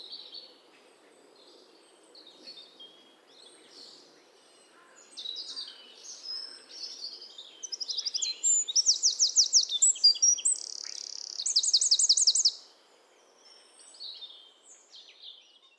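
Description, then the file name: Eurasian wren with soft scattered high notes at first, then a strident fast song of metallic trills and rattles building to a peak before fading to quiet chips. "Troglodytes troglodytes"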